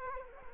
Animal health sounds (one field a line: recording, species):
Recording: mosquito wingbeat signal from an infrared sensor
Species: Culex quinquefasciatus